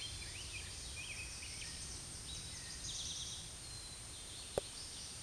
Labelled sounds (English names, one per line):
Eastern Towhee song